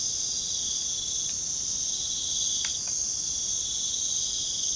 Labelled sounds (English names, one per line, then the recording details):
none
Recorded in pastures near Puerto Asís, Putumayo, Colombia, on 30 June 2025 at 01:30
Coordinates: 0.497, -76.327
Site G040